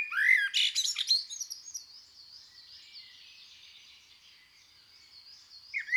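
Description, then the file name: Common blackbird giving one short fluty phrase with a squeaky flourish, followed by a faint high hiss and a brief closing note. "Merle noir"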